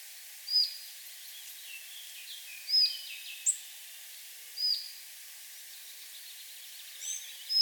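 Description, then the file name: Collared flycatcher calls: a thin high whistled note repeated several times at intervals of a few seconds, over a soft background hiss. "collared flycatcher ficedula albicollis"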